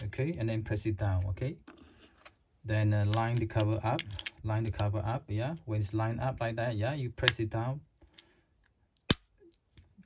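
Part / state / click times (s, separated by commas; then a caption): battery cover onto car key fob housing / seated / 9.1 s. Someone talks while the plastic battery cover of a 2018 Honda Civic key fob is lined up and pressed down onto the housing over the coin cell. After the talking stops, a few faint ticks are followed by one sharp click at 9.1 s as the cover snaps shut and seats.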